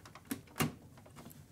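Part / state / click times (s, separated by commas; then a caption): logic board into computer chassis slot / not seated / none. A dusty Mystic logic board is pushed along the chassis rails of a Macintosh Color Classic, producing a few light knocks and scrapes, with the sharpest thuds at about 0.3 and 0.6 seconds. The board does not snap home, and nothing has seated or clicked yet.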